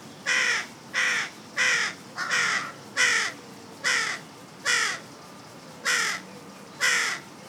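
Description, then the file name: Carrion crow repeating rough caws, about nine calls across several seconds. "Corvus corone"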